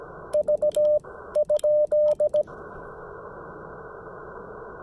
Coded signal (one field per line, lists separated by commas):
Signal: Morse code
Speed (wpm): 17 wpm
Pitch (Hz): 600 Hz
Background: radio noise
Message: V ?